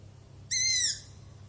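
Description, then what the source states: Owl uttering a single rasping shriek, bright and high, dropping slightly as it ends; low hum continues throughout. Owl screaming.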